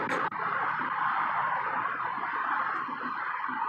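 An ignition coil connector is lined up and made snug on the spark plug coil plug of an engine before being pressed home, with a steady broadband noise throughout and a brief dip near 0.3 s. Nothing has seated or clicked yet.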